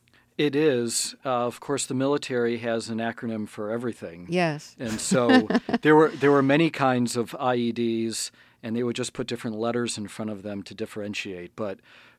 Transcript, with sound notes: It is. Of course, the military has an acronym for everything.
Yes (laughter).
And so there were many kinds of IEDs, and they would just put different letters in front of them to differentiate,